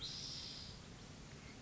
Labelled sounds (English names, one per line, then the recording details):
Spotted Towhee
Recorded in Sonoma County, California